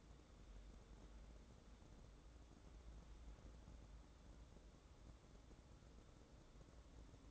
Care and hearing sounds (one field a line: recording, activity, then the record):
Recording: daily activity, microphone in the room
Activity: wipe stove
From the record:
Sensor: 3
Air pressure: 1012.3 hPa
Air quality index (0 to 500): 178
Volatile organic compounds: 3 ppm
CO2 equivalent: 1359 ppm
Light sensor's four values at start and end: 576/1431/591/605 and 577/1435/593/607